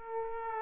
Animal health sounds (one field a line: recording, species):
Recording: mosquito wingbeat signal from an infrared sensor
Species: Aedes aegypti